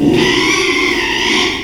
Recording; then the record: squeal of a Yucatan mini pig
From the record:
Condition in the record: after surgery on the right vocal fold (resection and tissue-engineered implant); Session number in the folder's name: 1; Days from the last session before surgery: 6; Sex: male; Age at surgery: 12 weeks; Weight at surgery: 13 kg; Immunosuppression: cyclosporine, prednisolone